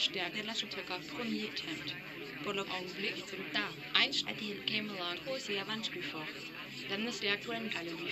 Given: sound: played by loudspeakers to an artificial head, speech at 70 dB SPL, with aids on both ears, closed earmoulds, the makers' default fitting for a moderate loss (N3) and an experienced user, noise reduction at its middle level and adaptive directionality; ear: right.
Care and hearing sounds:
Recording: speech test signal (ISTS) in cocktail-party noise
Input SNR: +3 dB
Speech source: in front (0 degrees)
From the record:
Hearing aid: class 1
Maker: D

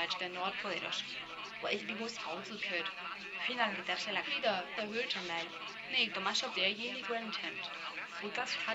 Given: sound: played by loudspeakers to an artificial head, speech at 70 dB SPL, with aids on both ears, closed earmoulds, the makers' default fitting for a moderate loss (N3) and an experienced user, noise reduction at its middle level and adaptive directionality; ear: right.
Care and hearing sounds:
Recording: speech test signal (ISTS) in cocktail-party noise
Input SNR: +3 dB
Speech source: in front (0 degrees)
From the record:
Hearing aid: class 1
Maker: F

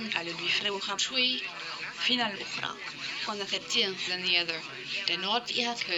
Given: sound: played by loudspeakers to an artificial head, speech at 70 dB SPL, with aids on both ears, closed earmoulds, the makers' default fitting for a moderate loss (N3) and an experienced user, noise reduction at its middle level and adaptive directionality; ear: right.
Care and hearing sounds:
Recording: speech test signal (ISTS) in cocktail-party noise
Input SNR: +6 dB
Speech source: on the right (90 degrees)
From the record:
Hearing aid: class 1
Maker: A

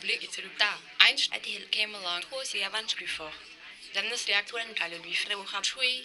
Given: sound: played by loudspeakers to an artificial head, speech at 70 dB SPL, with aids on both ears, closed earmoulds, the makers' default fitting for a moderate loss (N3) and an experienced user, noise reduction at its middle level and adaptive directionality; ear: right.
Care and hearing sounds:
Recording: speech test signal (ISTS) in cocktail-party noise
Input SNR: +9 dB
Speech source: in front (0 degrees)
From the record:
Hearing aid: class 2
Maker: B

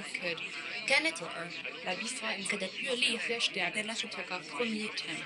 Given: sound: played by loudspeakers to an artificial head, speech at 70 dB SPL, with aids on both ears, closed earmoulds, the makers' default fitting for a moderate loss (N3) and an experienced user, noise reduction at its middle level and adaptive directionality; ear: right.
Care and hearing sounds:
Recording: speech test signal (ISTS) in cocktail-party noise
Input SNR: +3 dB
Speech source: in front (0 degrees)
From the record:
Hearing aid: class 2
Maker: I

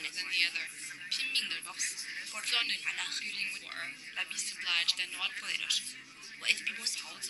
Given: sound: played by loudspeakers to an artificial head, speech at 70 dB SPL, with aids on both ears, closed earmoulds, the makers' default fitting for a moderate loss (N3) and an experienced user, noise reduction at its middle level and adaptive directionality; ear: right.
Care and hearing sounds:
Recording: speech test signal (ISTS) in cocktail-party noise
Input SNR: -3 dB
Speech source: in front (0 degrees)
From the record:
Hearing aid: class 2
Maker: H

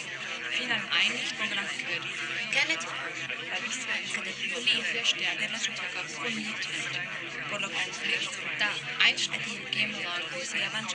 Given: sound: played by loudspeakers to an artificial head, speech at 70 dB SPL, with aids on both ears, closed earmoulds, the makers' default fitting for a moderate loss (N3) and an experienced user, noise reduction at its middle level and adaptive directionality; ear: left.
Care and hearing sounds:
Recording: speech test signal (ISTS) in cocktail-party noise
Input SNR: -3 dB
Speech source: in front (0 degrees)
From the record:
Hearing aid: class 2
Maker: G

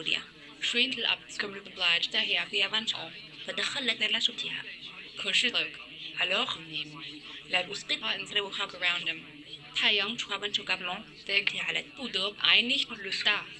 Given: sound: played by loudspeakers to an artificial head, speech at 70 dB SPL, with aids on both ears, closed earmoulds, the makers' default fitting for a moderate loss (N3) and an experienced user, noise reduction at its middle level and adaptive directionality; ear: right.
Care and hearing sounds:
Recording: speech test signal (ISTS) in cocktail-party noise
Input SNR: +9 dB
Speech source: in front (0 degrees)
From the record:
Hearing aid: class 1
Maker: C

